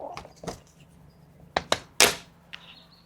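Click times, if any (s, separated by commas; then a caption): 1.6 s, 1.7 s, 2.0 s. An insulated fabric Van Essentials front window or windshield cover with magnets, meant to block sun from the dash, seats and trim and to insulate in winter, is pressed onto the steel window frame of a Ford Transit AWD van. After faint soft taps near 0.2 and 0.5 seconds, the magnets snap it into place with sharp thuds at 1.6, 1.7 and 2.0 seconds, followed by a lighter tap at 2.5 seconds. The cover is seated with a snug, satisfying fit.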